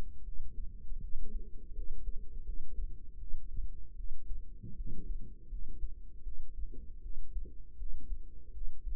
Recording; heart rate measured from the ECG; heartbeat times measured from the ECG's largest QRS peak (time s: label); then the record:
heart sounds by microphone in the right ear; 80 bpm
0.22 s: heartbeat
0.99 s: heartbeat
1.72 s: heartbeat
2.43 s: heartbeat
3.17 s: heartbeat
3.94 s: heartbeat
4.74 s: heartbeat
5.47 s: heartbeat
6.22 s: heartbeat
7.00 s: heartbeat
7.76 s: heartbeat
8.51 s: heartbeat
From the record:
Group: healthy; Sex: female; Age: 19 years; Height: 163 cm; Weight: 48.9 kg